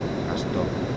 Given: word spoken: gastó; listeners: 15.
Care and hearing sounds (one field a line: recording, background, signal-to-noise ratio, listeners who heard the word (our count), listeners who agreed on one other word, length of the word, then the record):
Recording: one Spanish word in noise, from a listening test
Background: speech-shaped noise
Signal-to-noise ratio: -5.4 dB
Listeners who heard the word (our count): 1 of 15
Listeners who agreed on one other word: 6 of 15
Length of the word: 0.57 s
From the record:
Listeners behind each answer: 6, 3, 1, 1, 1, 1, 1, 1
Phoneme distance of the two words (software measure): 17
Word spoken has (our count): 2 syllables, 5 phonemes, stress on syllable 2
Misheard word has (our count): 2 syllables, 6 phonemes, stress on syllable 2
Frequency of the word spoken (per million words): 2.64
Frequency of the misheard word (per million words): 16.81